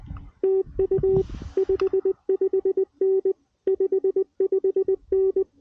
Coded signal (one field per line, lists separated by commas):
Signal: Morse code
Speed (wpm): 20 wpm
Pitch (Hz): 380 Hz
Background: none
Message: TU 55N 55N